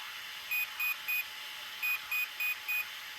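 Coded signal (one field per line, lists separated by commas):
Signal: beep code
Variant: Team Associated Rival MT8 ESC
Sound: three short high beeps, a pause, then four short high beeps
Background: steady background hiss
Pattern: 3-4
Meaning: Setting value 4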